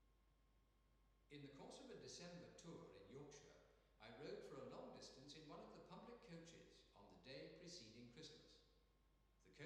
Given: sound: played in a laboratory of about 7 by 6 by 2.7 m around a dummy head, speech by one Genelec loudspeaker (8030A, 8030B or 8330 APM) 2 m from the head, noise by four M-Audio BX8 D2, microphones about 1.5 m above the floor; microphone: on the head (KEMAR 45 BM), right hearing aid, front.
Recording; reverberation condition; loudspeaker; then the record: male speech in English; high; 30 degrees to the right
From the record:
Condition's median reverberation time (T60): about 1300 ms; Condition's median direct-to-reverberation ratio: about -4.0 dB